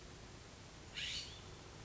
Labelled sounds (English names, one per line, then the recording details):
California Scrub-Jay
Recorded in Sonoma County, California